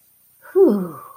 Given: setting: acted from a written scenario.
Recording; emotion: vocal sound without words; pride